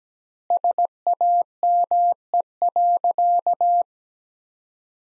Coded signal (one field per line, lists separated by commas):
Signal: Morse code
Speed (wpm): 17 wpm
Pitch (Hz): 700 Hz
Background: none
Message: SAME.